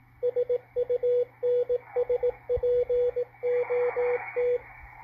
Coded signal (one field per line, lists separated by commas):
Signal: Morse code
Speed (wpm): 18 wpm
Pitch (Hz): 490 Hz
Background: radio noise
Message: SUNSPOT